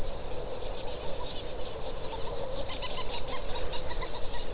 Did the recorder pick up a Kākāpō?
no